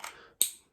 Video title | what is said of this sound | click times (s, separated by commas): Cut Your Own Hair With The Remington HC4250 Shortcut Pro! FULL REVIEW AND DEMO! | you just kind of line up that until it clicks and then we're ready to go | 0.4 s